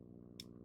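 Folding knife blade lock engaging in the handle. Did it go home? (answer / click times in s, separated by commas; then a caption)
yes / 0.4 s. The blade lock of an Extrema Ratio BF2 CD folding knife engages in the handle with a single sharp, bright click at 0.4 s over a steady low hum. The lock seats positively, so the blade won't slide or flop around.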